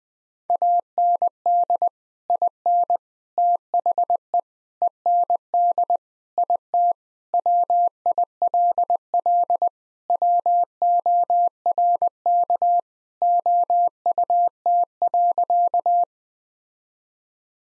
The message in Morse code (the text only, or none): AND IN THE END IT WILL WORK OUT.